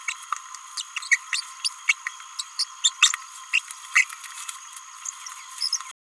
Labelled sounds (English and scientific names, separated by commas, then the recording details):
Green-rumped Parrotlet (Forpus passerinus) babbling
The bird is a male
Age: 29 days
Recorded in a nest box in Venezuela
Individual 17B31A1